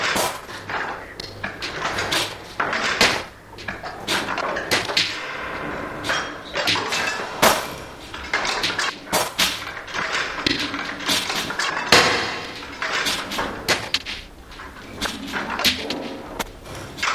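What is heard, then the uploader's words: A cutlery drawer is yanked and shut over and over, its metal contents rattling and scraping as spoons, openers and skewers shift about. Sharp bright clacks arrive every second or so amid a dense, shimmering jangle, with a faint low hum underneath throughout. A gentle but forceful yank and close of the cutlery drawer, looped and filtered elaborately - phases and grains and such and such through occasional reverbs and ~ring modulators. Augmentations from gentle crypto-rhymic dragging and agitating of the contents; teaspoons, bottle-openers, skewers.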